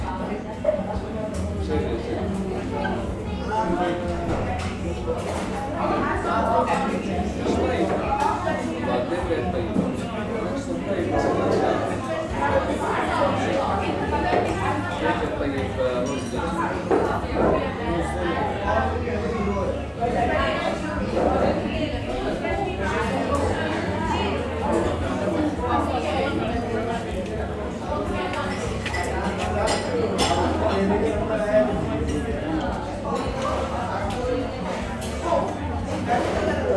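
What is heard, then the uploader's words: Lively chatter fills a coffee shop, many voices overlapping in a steady, dense murmur for the whole stretch. A low constant hum runs underneath, and brief bright clicks, like cups clinking, break through now and then, a few clustered around the thirty-second mark. Cozy Coffee Shop Ambiance. The bustling ambiance of an English seaside town coffee shop. This binaural field recording captures the vibrant atmosphere of a busy coffee shop.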